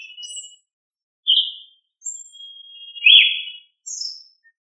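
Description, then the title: Sabiá (thrush) song: whistled slurred phrases with a long steady thin note leading into a loud falling burst, then a high squeaky note. "Familia Turdidae - Sabia"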